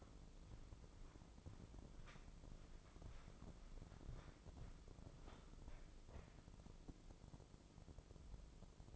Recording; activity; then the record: daily activity, microphone in the room; walk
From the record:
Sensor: 5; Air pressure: 996.1 hPa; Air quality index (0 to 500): 249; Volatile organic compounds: 536 ppm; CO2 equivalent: 4865 ppm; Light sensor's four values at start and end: 197/471/201/220 and 197/471/201/220